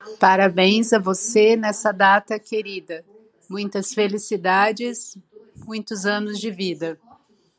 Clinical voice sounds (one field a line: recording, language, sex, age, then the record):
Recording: short text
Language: Brazilian Portuguese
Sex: female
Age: 40 to 49 years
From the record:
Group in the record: control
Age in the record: 45 years